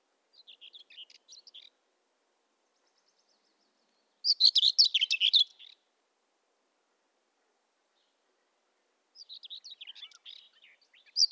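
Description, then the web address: Common whitethroat song: short scratchy warbling phrases about a second and a half long, a loud burst in the middle between softer phrases, repeated every few seconds with silence between. "birdify Sylvia communis"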